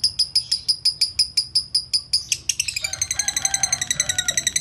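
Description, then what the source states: Lovebird chattering: steady high, piercing chirps that speed up into a quicker, denser trill toward the end. Lovebird tutor recording in the konslet song style, used to train other lovebirds.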